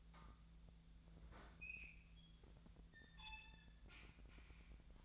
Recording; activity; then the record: daily activity, microphone in the room; open fridge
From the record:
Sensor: 3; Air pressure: 1009.6 hPa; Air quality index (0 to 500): 194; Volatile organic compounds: 16 ppm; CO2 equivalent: 2526 ppm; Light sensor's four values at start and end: 35/87/37/40 and 35/88/38/40